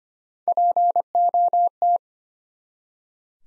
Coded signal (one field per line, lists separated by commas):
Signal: Morse code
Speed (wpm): 25 wpm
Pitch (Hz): 700 Hz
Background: none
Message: POT